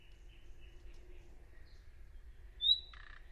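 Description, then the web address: Bird call: a single piercing upslurred whistle ending in a brief rasping buzz, with soft, wavering tones before it. "birddata Deverinetal 2025 File origin Bird Only"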